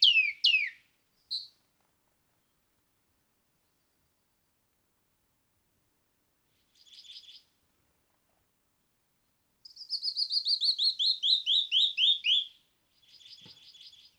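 Canyon wren notes: a few sharp downslurred calls, short buzzy trills, then a descending cascade of whistled notes followed by another brief trill.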